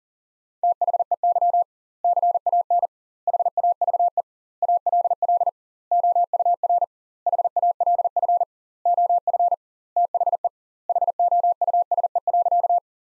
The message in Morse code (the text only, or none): THEY CAN HAVE ALL OUR HALF OF THE HOUSE.